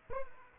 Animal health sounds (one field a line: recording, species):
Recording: mosquito wingbeat signal from an infrared sensor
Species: Aedes aegypti